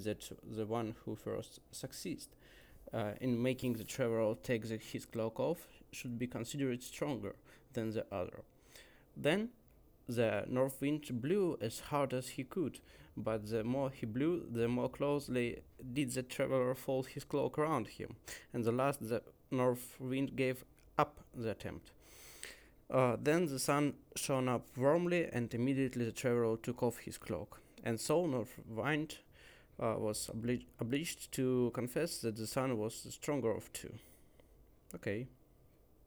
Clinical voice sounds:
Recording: text read into a phone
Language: English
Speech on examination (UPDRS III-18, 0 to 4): 0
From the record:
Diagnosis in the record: healthy control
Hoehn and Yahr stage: 0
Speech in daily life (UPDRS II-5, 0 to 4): 0

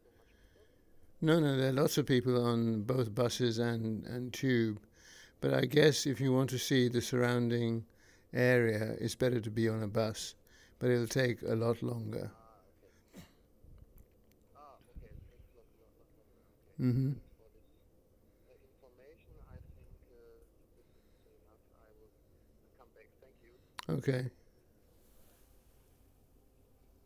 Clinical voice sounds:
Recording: conversation on a phone call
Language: English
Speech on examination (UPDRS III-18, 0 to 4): 1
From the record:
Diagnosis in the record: Parkinson's disease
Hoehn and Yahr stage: 3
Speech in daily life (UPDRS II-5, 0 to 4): 1

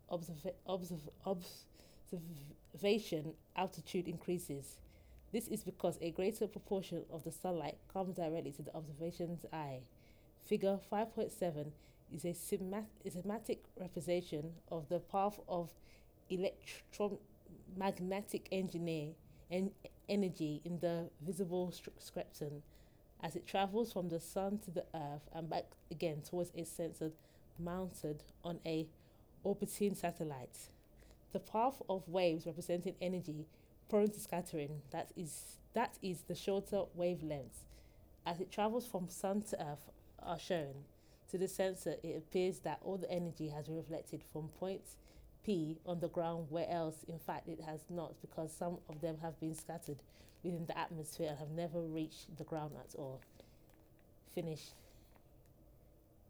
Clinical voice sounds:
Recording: text read into a phone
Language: English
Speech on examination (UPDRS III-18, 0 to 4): 0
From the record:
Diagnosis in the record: healthy control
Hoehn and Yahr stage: 0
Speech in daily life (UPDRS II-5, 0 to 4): 0

